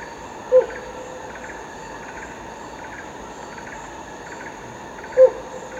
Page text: DANUM 20060401. Sound of Helmeted Hornbill at Danum by EDWARDS, David - Borneo Bird Images